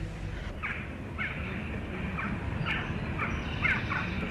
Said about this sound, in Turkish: Ne istiyor bu kargalar? Kavga ediyorlar. Belki de konuşmamızı işittiler.